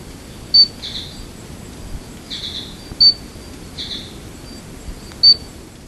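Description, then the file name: Stumpffia gimmeli calling with sharp high clicks about every two and a half seconds, alternating with softer, slightly lower drawn-out chirps in a quiet background. "Stumpffia gimmeli"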